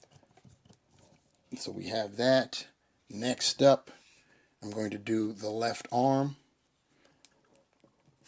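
The left arm of a plastic Marvel Legends Skurge the Executioner Build-a-Figure from the Executioner Wave is lined up with the shoulder peg before being wiggled into the torso socket. Someone talks from about 1.5 to 6.4 s, with faint handling ticks near the start and a few small clicks around 7.0–7.8 s. Nothing has seated or clicked yet; the arm later goes in without snapping but is secure.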